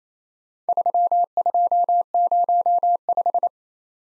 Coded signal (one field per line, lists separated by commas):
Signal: Morse code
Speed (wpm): 27 wpm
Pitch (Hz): 700 Hz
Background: none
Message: 3205